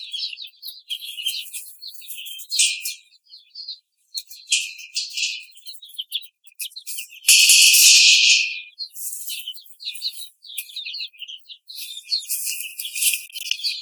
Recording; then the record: young laying hens in a cage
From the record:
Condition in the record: treatment cage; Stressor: simulated dog barking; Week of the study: 5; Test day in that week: 1